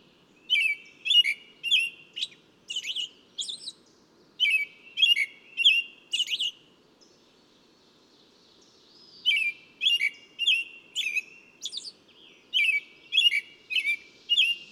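Bird song in two bursts of rapid high chirps, a silent gap of about three seconds between them, notes repeated nearly twice per second.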